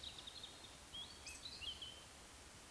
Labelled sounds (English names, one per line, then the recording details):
Eurasian Woodcock whistle
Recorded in Baden-Württemberg, Germany, on 19 June 2020 at 19:35 UTC
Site 49006, 684 m above sea level